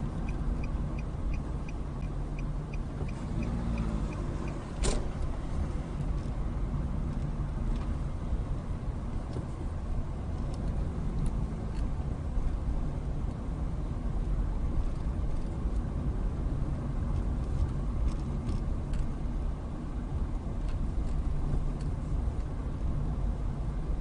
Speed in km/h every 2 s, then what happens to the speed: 16, 16, 18, 15, 13, 16, 19, 21, 21, 18, 16, 18.
0-8 steady at about 16. 8-14 speeds up to 21. 14-24 steady at about 18.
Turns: none.